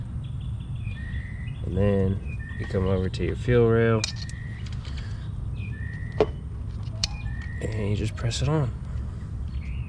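A Hellcat fuel injector is pressed by hand onto the fuel rail of a 2006–2010 Charger. Someone talks over a steady low hum and faint chirping, with brief sharp ticks near 6.2 s and 7.0 s. Nothing has seated or clicked yet when the clip ends.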